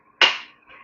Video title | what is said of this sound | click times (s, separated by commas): Breville Oracle Touch: Initial Configuration. How to Setup before you use. | Till You Hear The Click so that's all you do to lock we can continue to the next step | 0.2 s